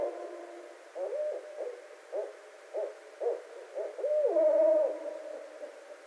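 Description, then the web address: Barred owl hooting: a series of short hoots, then a long drawn-out hoot. Recorded on 12 February 2012. "Barred Owl 2012 02 12 Barred Owl"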